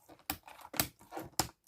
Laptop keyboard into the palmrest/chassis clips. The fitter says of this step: They'll all click into place, and maybe the sides, I think the sides have clips, I don't know.